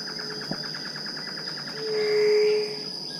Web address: sound White-tipped-dove. دانلود-صدای-قمری-ورو